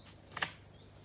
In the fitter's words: There we go, that's snapped in place,